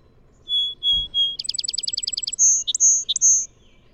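Song Sparrow song: three whistled notes with a soft knock during the second, a rapid buzzy trill, then three high ringing notes with lower chips between them.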